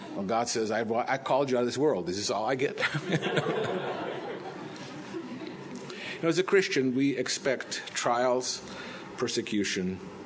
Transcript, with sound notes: Well, God says, "I called you out of this world. This is all I get?" (Laughter) As a Christian, we expect trials, persecution